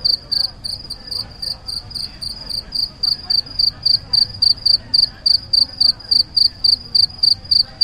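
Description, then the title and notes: Cricket chirping, a loud high-pitched pulse repeated rapidly, about three to four chirps per second, over a faint low rumble. Cricket chirping very loudly in a tree on a city promenade, Lloret de Mar, Spain, October 2017, warm evening after sunset. "Ridiculously Loud Cricket. Lloret de Mar, Spain, october 2017. A warm evening after the sunset, on the city promenade, a cricket chirps very loudly in the tree"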